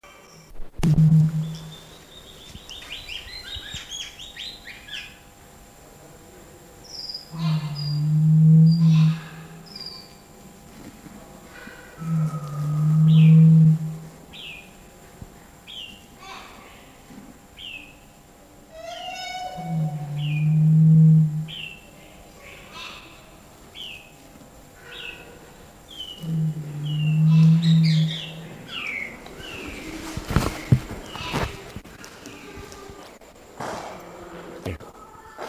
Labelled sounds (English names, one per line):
Western Crowned Pigeon call